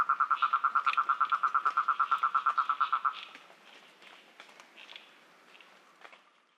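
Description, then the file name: Ornate toad giving a fast pulsed trill for about three seconds, then stopping, leaving faint scattered clicks and rustles. "Rhinella ornata"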